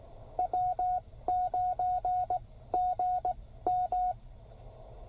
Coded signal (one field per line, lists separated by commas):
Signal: Morse code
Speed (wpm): 16 wpm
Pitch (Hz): 690 Hz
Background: none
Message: W9GM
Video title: A few QRP rigs just because. KX1, KX2, KX3, and Penntek TR45L